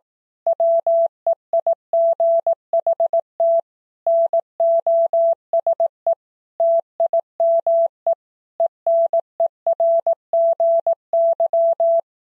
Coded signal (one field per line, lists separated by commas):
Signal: Morse code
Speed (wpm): 18 wpm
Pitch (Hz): 670 Hz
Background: none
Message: WEIGHT NOSE TIME ENERGY